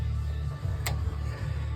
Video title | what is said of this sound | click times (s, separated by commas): Replacing a John Deere drive belt on a D105 riding mower | all right so that just snaps into place just like that now that you have all of that stuff | 0.9 s